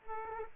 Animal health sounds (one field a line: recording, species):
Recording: mosquito wingbeat signal from an infrared sensor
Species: Aedes aegypti